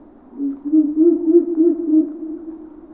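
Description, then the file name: Ural owl hooting: a low, rapid series of deep hoots, about three per second, swelling and then fading over a couple of seconds. "Digiffects Sound Effects Library - Ural Owl"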